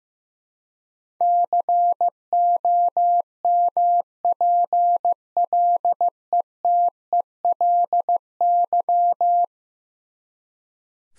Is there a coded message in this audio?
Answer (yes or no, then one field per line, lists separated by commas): yes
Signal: Morse code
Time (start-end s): 1.2-9.4 s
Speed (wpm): 15 wpm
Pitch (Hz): 700 Hz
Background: none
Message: COMPLETELY